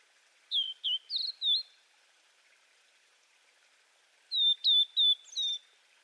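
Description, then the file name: Blue-and-white flycatcher song: two phrases of clear downslurred whistles separated by a pause of about two and a half seconds; quiet background. "cyanoptila cyanomelana twitter"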